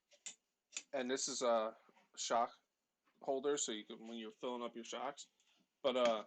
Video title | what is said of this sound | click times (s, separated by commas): (LIVE) Chrismas eve stream. Just tinkering on stuff and chatting | that don't have that stock because you're always chasing it this actually like locks into place | 0.3 s